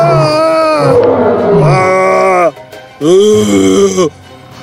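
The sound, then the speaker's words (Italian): A lion leaps out of bushes and roars furiously in two loud, drawn-out bursts: a long, wavering, rough-throated roar followed after a short pause by a shorter, deep, growling one. “improvvisamente dai cespugli saltò fuori un leone che ruggì furiosamente.”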